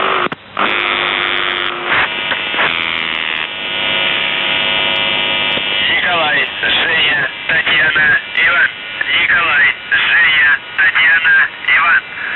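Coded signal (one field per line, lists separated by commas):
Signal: channel marker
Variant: UVB-76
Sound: steady low rasping buzz for about five seconds, then a voice speaking a message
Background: radio static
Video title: The Buzzer/UVB-76(4625Khz) June 4th, 2023 12:37UTC Voice message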